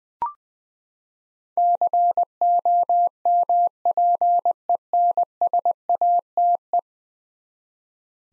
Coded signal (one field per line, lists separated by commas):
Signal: Morse code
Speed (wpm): 20 wpm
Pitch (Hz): 700 Hz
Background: none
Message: COMPENSATE